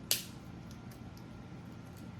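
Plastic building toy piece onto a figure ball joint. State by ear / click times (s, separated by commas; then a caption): seated / 0.1 s. A plastic piece of a Lego Bionicle Takadox figure (#8916) is pressed onto a ball joint or pin and snaps into place with a single sharp, bright click at 0.1 s, over a low steady hum. Two much fainter ticks follow at about 0.7 s and 1.2 s. The piece is seated securely and nothing is broken.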